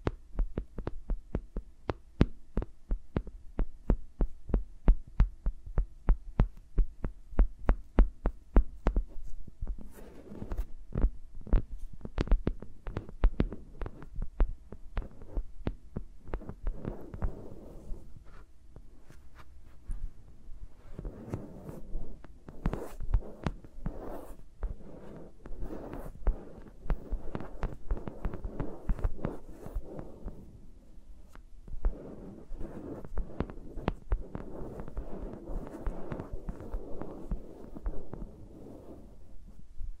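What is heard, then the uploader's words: Fingers rubbing and tapping around microphones: steady rapid soft thumps for nine seconds, then denser scratchy rustling bursts with brief pauses between. ASMR with Mics Around My Fingers (No Talking).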